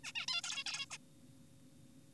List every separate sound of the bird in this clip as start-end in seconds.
0.04-0.12, 0.16-0.26, 0.28-0.42, 0.44-0.64, 0.66-0.86, 0.91-0.98